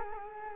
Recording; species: mosquito wingbeat signal from an infrared sensor; Culex quinquefasciatus